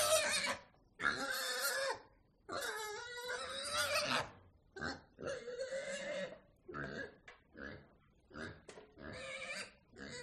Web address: som de uma quinta rural com porcos e vacas